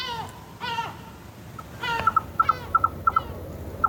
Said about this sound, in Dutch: Ruud Houweling heeft in Besalú, Spanje, 2 meeuwen als directe buren.